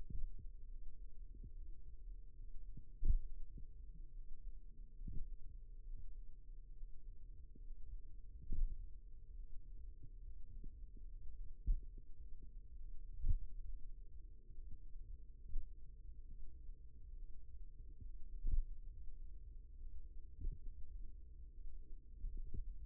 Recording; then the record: forearm muscle sounds (acoustic myography)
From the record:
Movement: finger pinch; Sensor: system 2, bracelet of six BSWA MPA416 microphones around the upper forearm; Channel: 4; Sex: male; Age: 22 years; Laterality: right